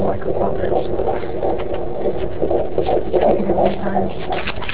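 Fast, rhythmic whooshing pulses, about 165 a minute, from a fetal heartbeat at 12 weeks of pregnancy, picked up with a home Doppler.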